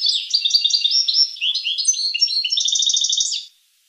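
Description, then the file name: Finch song: a quick run of high, jumbled chirps and twitters that ends in a fast buzzy trill, then silence. "sing finch"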